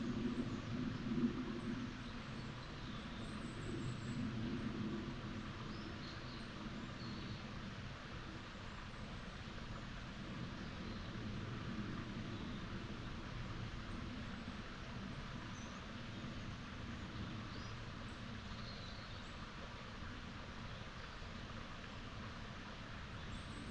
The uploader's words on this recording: Bucolic dell in upland meadows. Farm machinery, A-roads, the flight paths to Manchester's ringway airport, though quite feint, are in range of hearing.